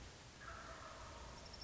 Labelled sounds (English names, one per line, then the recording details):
Wild Turkey
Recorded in Sonoma County, California